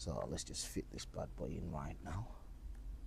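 A custom fuel cap cover (fuel door trim piece) is being fitted into the fuel filler door of a Ford Focus ST Mk2 with a full Teckwrap vinyl wrap, while someone talks throughout. Nothing has seated or clicked yet; the cover is still being handled and has not snapped home.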